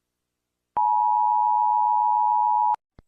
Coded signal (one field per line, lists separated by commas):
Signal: Emergency Alert System (SAME) tones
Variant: 853 and 960 Hz attention tone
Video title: Rating EAS (A-Z) #16